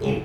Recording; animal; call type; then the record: contact call of a hoofed animal; pig; closed-mouth grunt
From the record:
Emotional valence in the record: positive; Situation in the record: food and toys in familiar pen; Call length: 0.26 s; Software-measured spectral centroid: 1460 Hz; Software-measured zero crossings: 1190 a second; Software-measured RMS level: -24 dBFS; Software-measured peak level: -12 dBFS